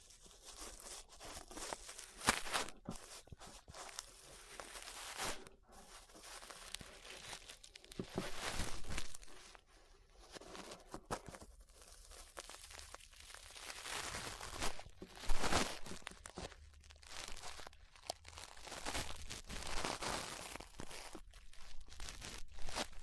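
Ear brushing makes a dense, scratchy rustle that fills the whole clip, bright and hissy with soft low thumps underneath. Strokes come in irregular bursts with brief near-silent gaps, including a sharp crackling peak around fifteen seconds.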